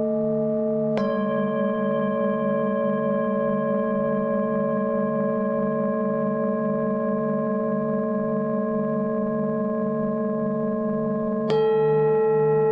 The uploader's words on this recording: Relaxing Tibetan Singing Bowls music with some kind of kargyraa-style throat singing. Tibetan Singing Bowls with some Throat singing.